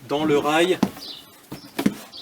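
Someone talks while handling the removable dinette table of a Pössl 2 Win Plus camper van (with Poclain reinforced traction), guiding its leg fittings toward the floor mounting rail underneath. Short knocks follow at about 1.5 s and 1.8 to 1.9 s. Nothing has seated or clicked into the rail yet.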